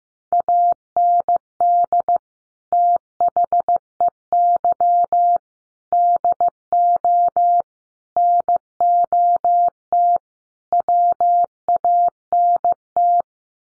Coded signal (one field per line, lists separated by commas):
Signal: Morse code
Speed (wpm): 15 wpm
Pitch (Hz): 700 Hz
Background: none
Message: AND THEY DO NOT WANT